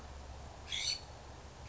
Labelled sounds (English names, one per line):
California Scrub-Jay